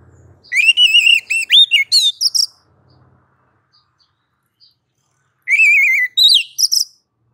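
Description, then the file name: Oriental magpie-robin calls: two bursts of varied whistled and warbled notes, the first about two seconds long and the second about one and a half, separated by a silent pause. Female oriental magpie-robin (kacer) calling to a male. "Kacer betina memanggil jantan"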